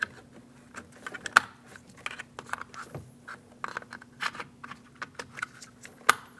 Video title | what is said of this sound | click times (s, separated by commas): How to Replace Mirror Switch 2001-2006 Chevrolet Silverado 2500 HD | Push until you hear a click. | 1.4 s, 6.1 s